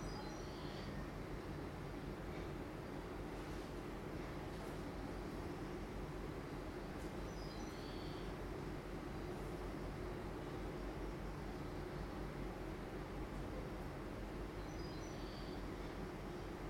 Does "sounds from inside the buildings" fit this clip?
yes